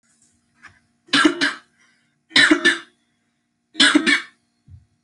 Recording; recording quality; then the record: shallow voluntary cough; excellent, no background noise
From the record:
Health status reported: healthy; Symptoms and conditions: none ticked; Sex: female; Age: 26 years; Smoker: not ticked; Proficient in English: yes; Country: United States